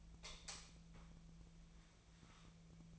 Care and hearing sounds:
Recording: daily activity, microphone in the room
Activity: light off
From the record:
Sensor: 1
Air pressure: 1009.8 hPa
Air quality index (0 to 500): 189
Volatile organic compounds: 17 ppm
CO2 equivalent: 2598 ppm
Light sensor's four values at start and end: 47/134/55/62 and 36/90/38/45

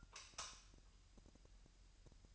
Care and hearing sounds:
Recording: daily activity, microphone in the room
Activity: light off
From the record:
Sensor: 2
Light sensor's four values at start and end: 9/25/10/10 and 4/10/4/4

